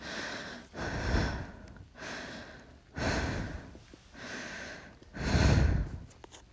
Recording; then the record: deep breathing after running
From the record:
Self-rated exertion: vigorous exertion (4 of 6); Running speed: 7 miles an hour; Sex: female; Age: 18 years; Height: 167 cm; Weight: 50 kg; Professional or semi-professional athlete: no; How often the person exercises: 1 to 2 times a week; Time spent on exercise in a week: 1 to 2 hours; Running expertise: no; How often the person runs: 1 to 2 times a week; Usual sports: running, walking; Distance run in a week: 1 to 2 km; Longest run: 6 km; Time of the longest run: 34 minutes